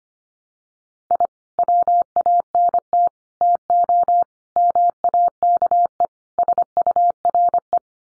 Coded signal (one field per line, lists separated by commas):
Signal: Morse code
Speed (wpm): 25 wpm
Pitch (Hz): 700 Hz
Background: none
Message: I WANT TO MAKE SURE